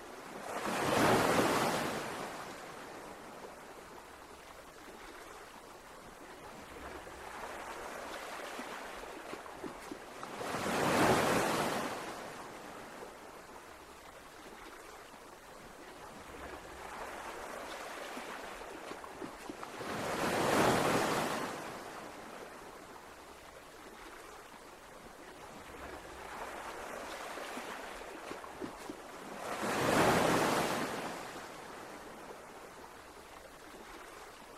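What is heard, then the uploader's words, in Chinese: Ocean waves wash in at a steady, unhurried pace, each one rising to a full rushing crash roughly every ten seconds, near 1, 11, 21 and 30 seconds. Between breakers a softer hiss of moving water continues, with a faint low rumble underneath. 海浪聲。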